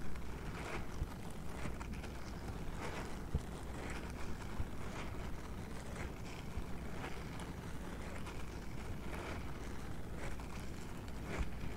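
Rubber gloves rub and scratch with a steady, dense low rumble, while brighter scraping strokes recur roughly every second throughout.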